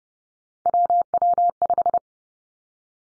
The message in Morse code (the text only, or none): WW5